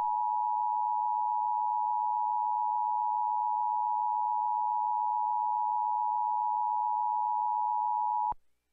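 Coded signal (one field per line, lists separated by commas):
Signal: Emergency Alert System (SAME) tones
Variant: 853 and 960 Hz attention tone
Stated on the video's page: Remake of the Hawaii missile hoax alert.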